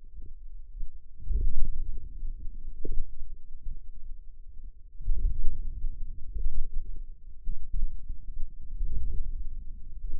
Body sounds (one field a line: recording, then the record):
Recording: forearm muscle sounds (acoustic myography)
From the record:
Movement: ulnar deviation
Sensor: system 2, bracelet of six BSWA MPA416 microphones around the upper forearm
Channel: 6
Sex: female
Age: 21 years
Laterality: right